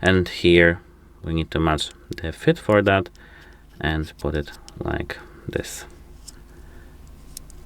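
The first half of a Nomad Stratos band is slid sideways into the band slot of an Apple Watch case while someone talks. After the talking stops, a sharp click sounds at 7.4 s as the band locks into the slot. The band is seated and mounted perfectly.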